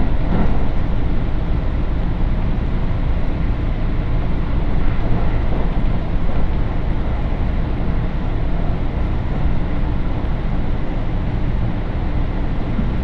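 Aboard a Tokaido Main Line train, a steady low rumble fills the whole stretch without letup. The dense roar of the running train holds an even level throughout, with faint rhythmic clatter and a slight mid-range whine riding on top.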